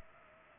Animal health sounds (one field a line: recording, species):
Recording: mosquito wingbeat signal from an infrared sensor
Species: Culex pipiens